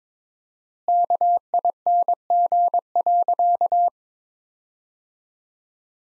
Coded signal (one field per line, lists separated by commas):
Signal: Morse code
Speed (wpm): 22 wpm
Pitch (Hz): 700 Hz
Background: none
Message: KING.